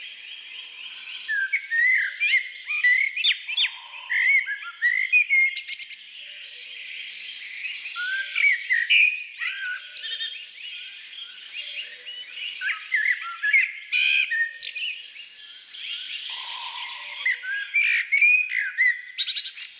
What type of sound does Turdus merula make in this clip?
song